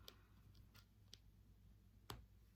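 A plastic washer back is pushed onto the shank of the second plastic safety eye through the crochet fabric of a crocheted plushie head, with a few small ticks before a sharp click at 2.1 s. The back clicks on, but it does not hold: on a tug test the eye comes loose.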